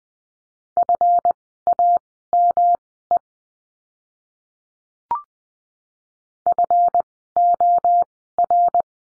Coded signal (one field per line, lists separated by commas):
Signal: Morse code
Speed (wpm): 20 wpm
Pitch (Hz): 700 Hz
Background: none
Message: FAME FOR